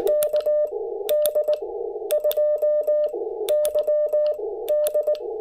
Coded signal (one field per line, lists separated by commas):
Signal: Morse code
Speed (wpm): 18 wpm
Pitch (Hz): 590 Hz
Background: none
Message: KD2YD